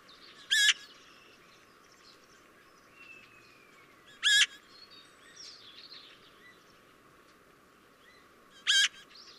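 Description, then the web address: Eurasian magpie: three loud, grating calls about four seconds apart, with faint twitters of other birds between them. "SETE Pica pica"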